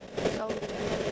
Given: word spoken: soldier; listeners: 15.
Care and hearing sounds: one English word in noise, from a listening test; noise modulated by three-talker babble; -7.6 dB; 0 of 15; 9 of 15; 0.72 s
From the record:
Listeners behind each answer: 9, 3, 1, 1, 1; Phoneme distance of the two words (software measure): 17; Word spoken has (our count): 2 syllables, 5 phonemes, stress on syllable 1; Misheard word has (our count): 2 syllables, 4 phonemes, stress on syllable 1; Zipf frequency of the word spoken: 4.36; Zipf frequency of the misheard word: 4.76

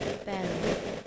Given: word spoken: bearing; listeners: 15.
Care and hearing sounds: one English word in noise, from a listening test; noise modulated by three-talker babble; -4.8 dB; 0 of 15; 7 of 15; 0.67 s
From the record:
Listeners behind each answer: 7, 2, 2, 1, 1, 1, 1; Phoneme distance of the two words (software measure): 37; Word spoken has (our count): 2 syllables, 5 phonemes, stress on syllable 1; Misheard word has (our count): 1 syllable, 4 phonemes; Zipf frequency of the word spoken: 4.17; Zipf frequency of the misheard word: 4.17

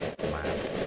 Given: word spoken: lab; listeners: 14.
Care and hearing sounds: one English word in noise, from a listening test; noise modulated by three-talker babble; -4.2 dB; 2 of 14; 7 of 14; 0.47 s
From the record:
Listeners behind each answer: 7, 2, 1, 1, 1, 1, 1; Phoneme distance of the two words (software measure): 20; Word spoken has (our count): 1 syllable, 3 phonemes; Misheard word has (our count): 1 syllable, 3 phonemes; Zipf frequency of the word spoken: 4.28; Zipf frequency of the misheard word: 4.73

